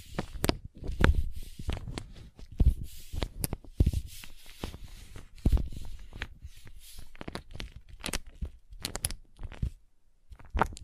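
Slime and crayon sounds with tapping: a steady run of short, sticky squelches and sharp taps, several every second, each a brief crisp click over a low soft thud. The pace is irregular, with small crinkling and tearing textures between hits and a few louder taps near the start and end.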